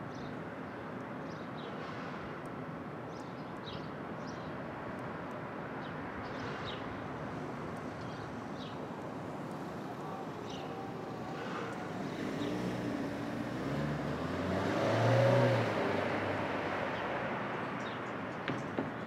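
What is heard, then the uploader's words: Street traffic at dawn in Brooklyn, a steady low rumble of cars filling the whole clip. Around twelve seconds a vehicle builds and passes loudest near fifteen seconds, then fades. Faint short chirps and clicks sit above the hum throughout. Brooklyn Dawn. Street Traffic.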